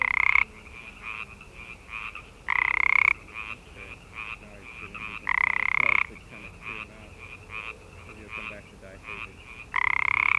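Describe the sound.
Pacific tree frog chorus: a few loud croaks standing out over a busy background of other frogs calling.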